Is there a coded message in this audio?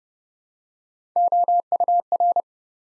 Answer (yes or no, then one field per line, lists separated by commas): yes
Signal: Morse code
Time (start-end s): 1.2-2.4 s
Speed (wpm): 32 wpm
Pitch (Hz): 700 Hz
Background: none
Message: OUR